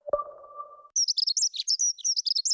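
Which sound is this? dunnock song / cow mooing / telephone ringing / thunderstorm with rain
dunnock song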